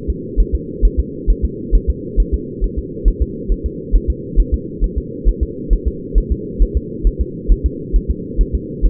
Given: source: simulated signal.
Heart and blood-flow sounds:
fetal heart sounds
0.10 s: S2
0.40 s: S1
0.55 s: S2
0.85 s: S1
1.00 s: S2
1.30 s: S1
1.45 s: S2
1.75 s: S1
1.90 s: S2
2.20 s: S1
2.34 s: S2
2.64 s: S1
2.78 s: S2
3.08 s: S1
3.22 s: S2
3.52 s: S1
3.66 s: S2
3.95 s: S1
4.10 s: S2
4.40 s: S1
4.54 s: S2
4.84 s: S1
4.98 s: S2
5.29 s: S1
5.43 s: S2
5.73 s: S1
5.88 s: S2
6.18 s: S1
6.32 s: S2
6.62 s: S1
6.77 s: S2
7.07 s: S1
7.21 s: S2
7.52 s: S1
7.66 s: S2
7.96 s: S1
8.11 s: S2
8.41 s: S1
8.55 s: S2
8.86 s: S1
From the record:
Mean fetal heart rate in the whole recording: 135 bpm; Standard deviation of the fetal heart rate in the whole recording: 3 bpm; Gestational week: 36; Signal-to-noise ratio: -4.1 dB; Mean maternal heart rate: no maternal heart sound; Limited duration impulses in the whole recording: absent

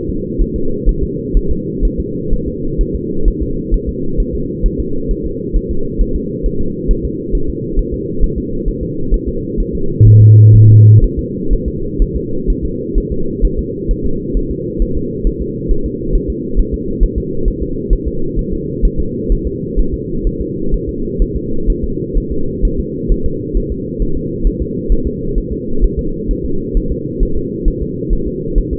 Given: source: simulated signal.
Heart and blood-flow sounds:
fetal heart sounds
0.09 s: S2
0.42 s: S1
0.56 s: S2
0.89 s: S1
1.03 s: S2
1.37 s: S1
1.51 s: S2
1.85 s: S1
2.00 s: S2
2.33 s: S1
2.48 s: S2
2.81 s: S1
2.95 s: S2
3.28 s: S1
3.42 s: S2
3.74 s: S1
3.89 s: S2
4.20 s: S1
4.35 s: S2
4.66 s: S1
4.80 s: S2
5.11 s: S1
5.26 s: S2
5.56 s: S1
5.71 s: S2
6.01 s: S1
6.16 s: S2
6.46 s: S1
6.61 s: S2
6.91 s: S1
7.05 s: S2
7.35 s: S1
7.49 s: S2
7.79 s: S1
7.94 s: S2
8.24 s: S1
8.38 s: S2
8.68 s: S1
8.83 s: S2
9.14 s: S1
9.29 s: S2
9.60 s: S1
9.75 s: S2
10.08 s: S1
10.22 s: S2
10.56 s: S1
10.70 s: S2
11.04 s: S1
11.19 s: S2
11.53 s: S1
11.68 s: S2
12.02 s: S1
12.16 s: S2
12.50 s: S1
12.65 s: S2
12.98 s: S1
13.12 s: S2
13.45 s: S1
13.59 s: S2
13.91 s: S1
14.05 s: S2
14.37 s: S1
14.51 s: S2
14.82 s: S1
14.97 s: S2
15.27 s: S1
15.42 s: S2
15.71 s: S1
15.86 s: S2
16.15 s: S1
16.30 s: S2
16.59 s: S1
16.74 s: S2
17.04 s: S1
17.18 s: S2
17.48 s: S1
17.62 s: S2
17.93 s: S1
18.07 s: S2
18.39 s: S1
18.53 s: S2
18.85 s: S1
19.00 s: S2
19.32 s: S1
19.47 s: S2
19.79 s: S1
19.94 s: S2
20.27 s: S1
20.41 s: S2
20.74 s: S1
20.89 s: S2
21.22 s: S1
21.36 s: S2
21.70 s: S1
21.84 s: S2
22.18 s: S1
22.32 s: S2
22.65 s: S1
22.79 s: S2
23.12 s: S1
23.26 s: S2
23.57 s: S1
23.72 s: S2
24.02 s: S1
24.17 s: S2
24.47 s: S1
24.62 s: S2
24.92 s: S1
25.07 s: S2
25.38 s: S1
25.53 s: S2
25.84 s: S1
25.99 s: S2
26.31 s: S1
26.45 s: S2
26.77 s: S1
26.92 s: S2
27.23 s: S1
27.37 s: S2
27.68 s: S1
27.82 s: S2
28.13 s: S1
28.27 s: S2
28.58 s: S1
28.73 s: S2
From the record:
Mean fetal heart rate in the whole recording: 130 bpm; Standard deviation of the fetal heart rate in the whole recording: 4 bpm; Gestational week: 38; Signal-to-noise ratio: -8.1 dB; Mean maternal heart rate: 72 bpm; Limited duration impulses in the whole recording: present

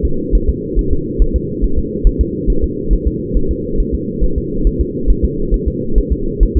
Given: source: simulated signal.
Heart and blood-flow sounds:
fetal heart sounds
0.05 s: S2
0.35 s: S1
0.49 s: S2
0.79 s: S1
0.93 s: S2
1.22 s: S1
1.36 s: S2
1.64 s: S1
1.79 s: S2
2.07 s: S1
2.21 s: S2
2.50 s: S1
2.64 s: S2
2.93 s: S1
3.07 s: S2
3.37 s: S1
3.51 s: S2
3.80 s: S1
3.95 s: S2
4.24 s: S1
4.38 s: S2
4.67 s: S1
4.81 s: S2
5.10 s: S1
5.25 s: S2
5.54 s: S1
5.68 s: S2
5.98 s: S1
6.12 s: S2
6.43 s: S1
6.57 s: S2
From the record:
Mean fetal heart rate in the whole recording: 135 bpm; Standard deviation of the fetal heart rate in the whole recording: 3 bpm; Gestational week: 36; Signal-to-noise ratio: -8.1 dB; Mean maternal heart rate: 72 bpm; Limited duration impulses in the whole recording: absent

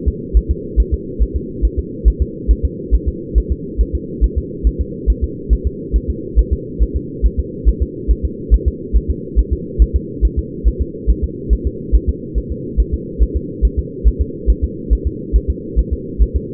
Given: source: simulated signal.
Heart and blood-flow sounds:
fetal heart sounds
0.08 s: S2
0.37 s: S1
0.51 s: S2
0.80 s: S1
0.94 s: S2
1.22 s: S1
1.36 s: S2
1.65 s: S1
1.79 s: S2
2.08 s: S1
2.22 s: S2
2.51 s: S1
2.65 s: S2
2.95 s: S1
3.09 s: S2
3.38 s: S1
3.52 s: S2
3.81 s: S1
3.95 s: S2
4.24 s: S1
4.38 s: S2
4.67 s: S1
4.81 s: S2
5.10 s: S1
5.24 s: S2
5.53 s: S1
5.67 s: S2
5.96 s: S1
6.10 s: S2
6.39 s: S1
6.53 s: S2
6.83 s: S1
6.97 s: S2
7.26 s: S1
7.40 s: S2
7.69 s: S1
7.83 s: S2
8.11 s: S1
8.25 s: S2
8.54 s: S1
8.68 s: S2
8.97 s: S1
9.10 s: S2
9.39 s: S1
9.53 s: S2
9.82 s: S1
9.96 s: S2
10.25 s: S1
10.39 s: S2
10.68 s: S1
10.82 s: S2
11.10 s: S1
11.24 s: S2
11.53 s: S1
11.67 s: S2
11.95 s: S1
12.09 s: S2
12.38 s: S1
12.52 s: S2
12.80 s: S1
12.94 s: S2
13.23 s: S1
13.37 s: S2
13.65 s: S1
13.79 s: S2
14.08 s: S1
14.22 s: S2
14.50 s: S1
14.64 s: S2
14.93 s: S1
15.07 s: S2
15.36 s: S1
15.50 s: S2
15.79 s: S1
15.93 s: S2
16.22 s: S1
16.36 s: S2
From the record:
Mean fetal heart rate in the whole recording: 140 bpm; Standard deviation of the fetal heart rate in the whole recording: 2 bpm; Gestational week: 34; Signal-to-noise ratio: -4.1 dB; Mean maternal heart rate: no maternal heart sound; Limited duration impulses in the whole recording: absent

